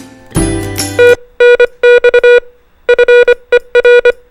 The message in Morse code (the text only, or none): TNX FER